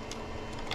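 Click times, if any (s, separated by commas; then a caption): none. A plastic part is pushed back toward its place on the chassis of an Arrma Limitless GT RC car. Under a steady low hum, two short handling ticks sound at about 0.1 s and 0.7 s. Nothing has seated or clicked yet.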